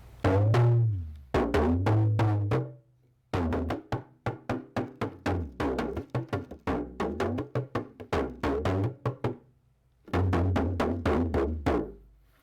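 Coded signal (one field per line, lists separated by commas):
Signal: talking drum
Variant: West African hourglass drum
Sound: sharp drum strokes in rhythmic phrases, low pitch sliding up and down between hits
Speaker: I spoke of the hourglass drum. This is a particular kind because there's different kinds of talking drums based on different cultures.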